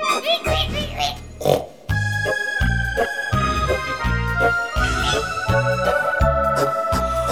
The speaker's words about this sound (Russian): Баю, баю, баюшки, баю. Дым из барабанных перепонок. Замолчи, изгливый поросенок.